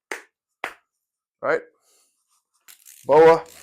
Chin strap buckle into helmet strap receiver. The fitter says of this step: These pop in, you'll hear the click,